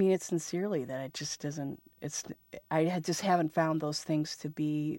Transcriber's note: none